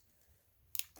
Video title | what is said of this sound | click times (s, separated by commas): Tudor Black Bay Steel M79730-0006 vs Omegas Seamaster Professional 300M 210.30.42.20.03.001 part 1 | with the Omega it is just simply the snap | 0.8 s